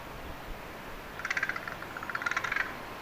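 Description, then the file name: Carrion crow calling: two harsh, rapidly pulsed rattling calls in quick succession, over faint background noise. "Corvus corone"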